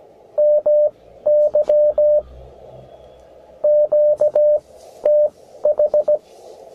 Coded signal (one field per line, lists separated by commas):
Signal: Morse code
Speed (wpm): 15 wpm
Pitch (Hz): 600 Hz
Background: none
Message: MY QTH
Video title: 20220409 21MHZ BX2AK CW QSO BEGALI INTREPID BUG KEY